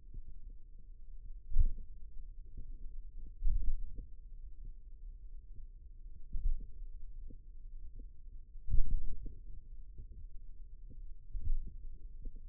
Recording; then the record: forearm muscle sounds (acoustic myography)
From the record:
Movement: pen grasping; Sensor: system 2, bracelet of six BSWA MPA416 microphones around the upper forearm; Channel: 4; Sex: male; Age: 22 years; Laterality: right